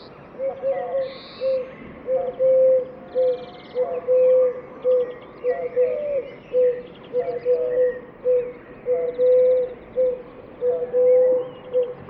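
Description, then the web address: Bird giving low, steady cooing notes in a continuous series, some held longer than others, with faint high chirps now and then in the background. "cianscape. Deverinetal 2025. Bird Only"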